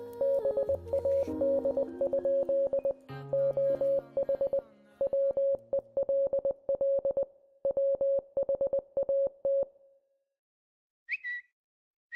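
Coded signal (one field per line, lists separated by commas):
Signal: Morse code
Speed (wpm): 20 wpm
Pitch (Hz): 550 Hz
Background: music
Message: BAD? OH WELL WHAT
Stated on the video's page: Morse code used as film dialogue, with characters voiced at 800 Hz, 700 Hz and 600 Hz tones.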